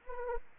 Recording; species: mosquito wingbeat signal from an infrared sensor; Anopheles arabiensis